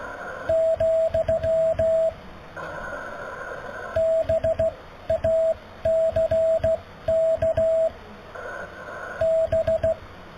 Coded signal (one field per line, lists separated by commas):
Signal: Morse code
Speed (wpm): 14 wpm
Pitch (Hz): 650 Hz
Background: radio noise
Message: , BACK B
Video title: Morse Code QSO with Jan ZS5HJ